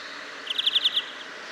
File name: Chloris chloris